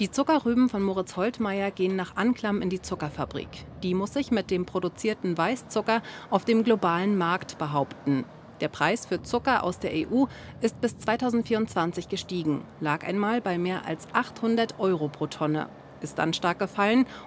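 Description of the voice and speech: One adult narrates fluently in German at an even pace with clear articulation: ordinary speech, no disorder.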